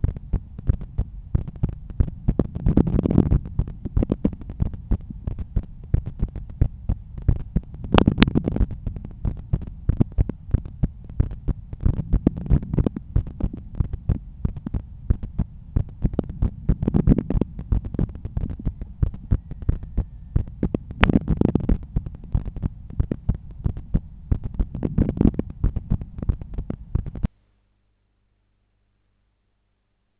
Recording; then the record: heart sounds by stethoscope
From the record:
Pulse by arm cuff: 85 bpm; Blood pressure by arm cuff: 124/80 mmHg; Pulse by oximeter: 95 bpm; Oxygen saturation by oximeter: 97%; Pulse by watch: 95 bpm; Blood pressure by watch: 130/84 mmHg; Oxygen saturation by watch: 97%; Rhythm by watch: sinus rhythm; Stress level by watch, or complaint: low stress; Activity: after breakfast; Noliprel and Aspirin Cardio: after pills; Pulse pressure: 44 mmHg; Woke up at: 7:20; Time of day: 9:53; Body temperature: 36.4 C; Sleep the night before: 8 h 11 min, score 61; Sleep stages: REM 22%, light 68%, deep 3%, awake 7%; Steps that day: 9500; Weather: sunny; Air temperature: 20.6 C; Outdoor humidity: 75%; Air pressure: 1015 hPa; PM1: 9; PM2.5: 13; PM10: 16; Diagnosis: hypertension, treated with Noliprel and Aspirin Cardio 100 mg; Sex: male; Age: 53 years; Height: 174 cm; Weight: 81 kg